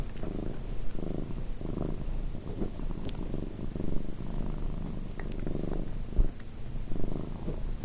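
Domestic cat purr, low and continuous, rising and falling in rhythmic bursts, with small clicks near the end.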